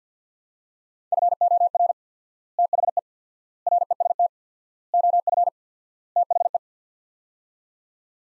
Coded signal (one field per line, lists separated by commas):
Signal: Morse code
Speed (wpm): 47 wpm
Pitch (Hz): 700 Hz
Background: none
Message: FOR THE REST OF THE